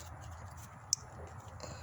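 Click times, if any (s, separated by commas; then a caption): 0.9 s. A new ignition coil pin connector for a 2007–2017 Toyota Camry is pushed onto the coil's plastic terminal over a low, steady rumble. It latches with a single sharp, bright click at 0.9 s, the second of the connector clicks, and a much fainter sound follows near 1.6 s. The connector is seated.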